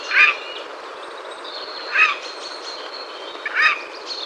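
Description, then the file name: Eurasian jay giving three short harsh screeches spaced a couple of seconds apart, with thin whistled notes from other birds in the background. "Garrulus glandarius"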